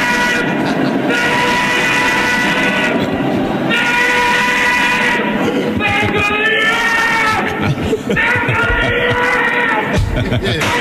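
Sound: tram pulling away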